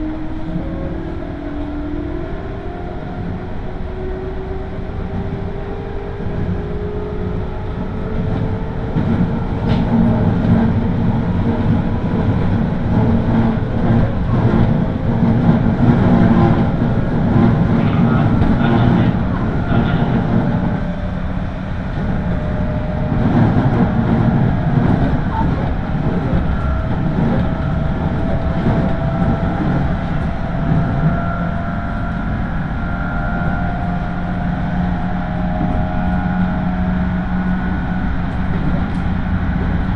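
A Tokaido Line local train runs steadily, its deep rumble constant, with rising and falling motor whine and scattered rattling clicks throughout.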